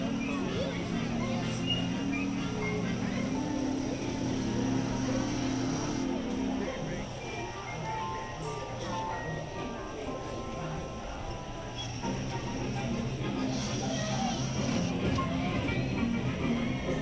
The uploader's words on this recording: Alice in Wonderland Corner, Disneyland Park Binaural Recording. Alice in Wonderland corner in Fantasyland at Disneyland Park. The sounds/ambience found on both the Mad Tea Party and Alice in Wonderland attractions.